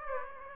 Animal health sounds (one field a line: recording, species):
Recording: mosquito wingbeat signal from an infrared sensor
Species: Aedes aegypti